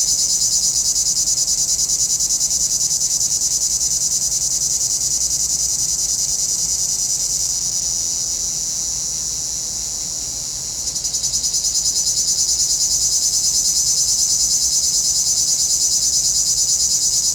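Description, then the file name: Throbbing cicada drone, shrill and rapid at roughly three pulses per second, easing to a flat hiss in the middle, then surging back into strong pulsing. Cicadas in a pinewood. "Relaxing Music Therapy - Sounds from a Pinewood Cicadas"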